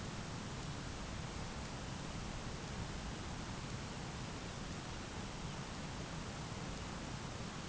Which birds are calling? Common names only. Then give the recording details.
none. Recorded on Arctic tundra, site ZACK-1, on 12 June 2019. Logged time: 05:49